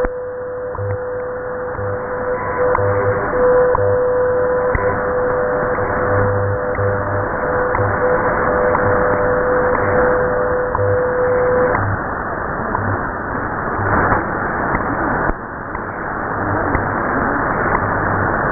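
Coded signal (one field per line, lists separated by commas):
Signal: radio time signal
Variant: WWV with WWVH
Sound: steady low tone interrupted by a short tick every second, then ticks continue in static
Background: radio static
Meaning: Time signal ticks marking UTC seconds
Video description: Time signals from Colorado received loud and clear, with Hawai barely audible in the background on 10 mHz.around 0620 UTC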